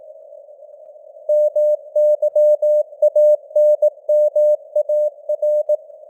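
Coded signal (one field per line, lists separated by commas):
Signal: Morse code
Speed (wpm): 18 wpm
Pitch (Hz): 600 Hz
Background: none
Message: MYANMAR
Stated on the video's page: Morse code news headlines at 18 wpm with simulated radio noise and varying signal strength (QSB).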